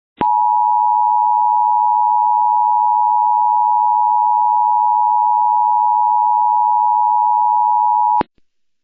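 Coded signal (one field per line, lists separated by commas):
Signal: Emergency Alert System (SAME) tones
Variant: 853 and 960 Hz attention tone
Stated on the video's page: Severe Thunderstorm Warning with valid, real EAS tones.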